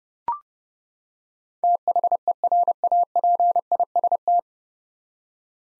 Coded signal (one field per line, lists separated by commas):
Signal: Morse code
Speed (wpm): 30 wpm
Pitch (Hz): 700 Hz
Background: none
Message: THERAPIST